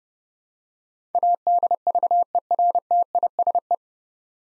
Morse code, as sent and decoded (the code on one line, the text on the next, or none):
.- -.. ...- . .-. - .. ... .
ADVERTISE